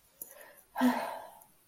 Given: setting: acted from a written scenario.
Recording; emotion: vocal sound without words; contempt